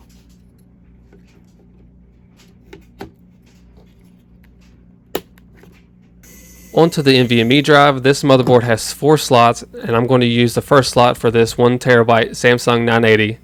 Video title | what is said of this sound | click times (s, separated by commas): LIAN LI EVO 13900K DDR5 BUILD | once you have them facing the correct way push down and you'll hear a solid click thank you | 5.2 s